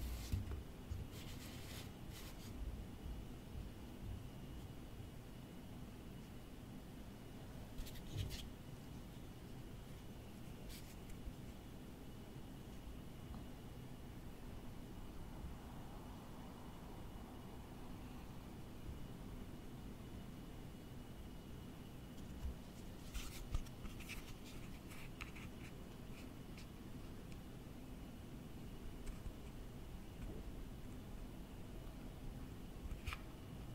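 Office objects are tapped in sparse, sharp clicks, clustered near the start, around eight and eleven seconds, in a denser burst near twenty-four seconds, and once more at the end. Underneath, a steady low rumble runs throughout, with a faint thin high tone.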